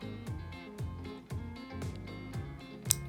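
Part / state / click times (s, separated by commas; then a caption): plastic lens into model droid holoprojector housing / seated / 2.9 s. A plastic lens is pushed all the way to the end of a model droid's holoprojector housing, convex end facing outward, over steady background music with a guitar. A sharp, brief snap at 2.9 s marks the lens seating firmly in place so it won't come out.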